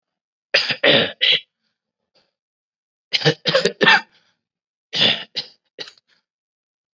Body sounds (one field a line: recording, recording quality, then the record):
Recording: shallow voluntary cough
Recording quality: excellent, no background noise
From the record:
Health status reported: COVID-19 positive, mild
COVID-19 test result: positive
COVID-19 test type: rapid antigen test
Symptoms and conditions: cough, fever, another condition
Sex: male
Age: 30 years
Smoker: no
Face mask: worn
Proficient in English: yes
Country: India